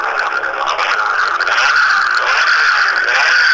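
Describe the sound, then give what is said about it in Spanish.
A dune buggy rally car, machine number 3, at the 2011 Rally Quilino, its engine roaring loudly and steadily for a few seconds, a dense, buzzing drone that holds its pitch with slight rises as the motor revs. “Estamos escuchando de fondo el ruido del motor del arenero.”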